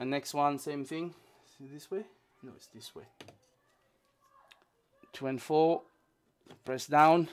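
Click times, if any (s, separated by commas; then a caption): none. Someone talks while checking the orientation of a second RAM module and lining it up over a motherboard DIMM slot before pressing it down. Only light ticks of handling are heard, around 4.5 and 4.6 seconds. Nothing has seated or clicked yet.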